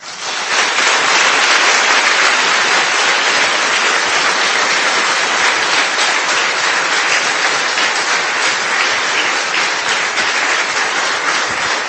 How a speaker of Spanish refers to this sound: Muy buenas noches, un fuerte aplauso al Señor.